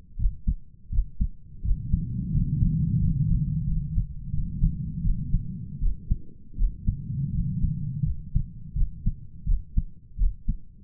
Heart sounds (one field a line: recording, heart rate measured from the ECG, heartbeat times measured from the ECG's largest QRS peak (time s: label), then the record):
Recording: heart sounds by stethoscope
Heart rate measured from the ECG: 84 bpm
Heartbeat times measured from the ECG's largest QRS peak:
0.18 s: heartbeat
0.91 s: heartbeat
1.63 s: heartbeat
2.32 s: heartbeat
3.00 s: heartbeat
3.66 s: heartbeat
4.32 s: heartbeat
5.03 s: heartbeat
5.80 s: heartbeat
6.57 s: heartbeat
7.33 s: heartbeat
8.04 s: heartbeat
8.75 s: heartbeat
9.46 s: heartbeat
10.18 s: heartbeat
From the record:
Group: healthy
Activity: rest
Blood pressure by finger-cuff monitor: 126/70 mmHg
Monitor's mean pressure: 92 mmHg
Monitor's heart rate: 83 bpm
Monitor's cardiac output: 8.1 L/min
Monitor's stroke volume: 99 mL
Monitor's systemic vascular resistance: 850 dyn s/cm5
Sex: male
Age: 33 years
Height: 179 cm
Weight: 80.4 kg